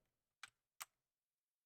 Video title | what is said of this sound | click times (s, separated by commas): BSE 1709 - Lego Stream - 🧱2022 Galaxy Explorer 🚀 Set #10497 -1,254 pcs | like that well snap right in there | 0.4 s, 0.8 s